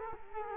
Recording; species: mosquito wingbeat signal from an infrared sensor; Culex quinquefasciatus